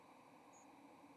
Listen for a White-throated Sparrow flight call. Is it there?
no